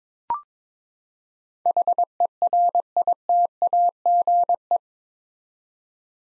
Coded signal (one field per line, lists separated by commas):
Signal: Morse code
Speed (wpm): 22 wpm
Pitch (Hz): 700 Hz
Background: none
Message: HERITAGE